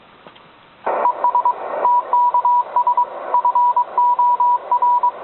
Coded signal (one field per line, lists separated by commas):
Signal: Morse code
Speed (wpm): 21 wpm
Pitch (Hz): 980 Hz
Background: radio noise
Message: ES TKS FOR